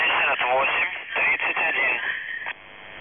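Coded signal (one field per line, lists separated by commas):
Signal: numbers station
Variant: UVB-76, Russian voice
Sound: a voice speaking briefly over narrow, muffled shortwave radio, then static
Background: radio static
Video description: Callsign: ANVF (АНВФ) Message text: 60 148 DUVROChAJ (ДУВРОЧАЙ) 47 47 68 31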